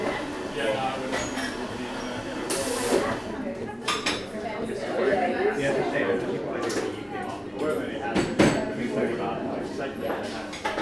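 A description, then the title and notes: A crowded coffee shop fills with a steady, dense murmur of many overlapping voices, none standing out clearly. Cups and dishes clink every few seconds, with a sharp hiss of spray near three seconds and crisp clatters around four, seven and eight seconds. Captured in a recently opened trendy coffee shop in a large city. The shop is full of young people, with standing room only.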